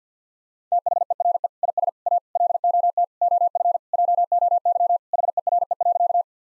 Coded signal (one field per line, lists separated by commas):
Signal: Morse code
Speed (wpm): 50 wpm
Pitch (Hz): 700 Hz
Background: none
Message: THERE IS A LOT OF JOY HERE.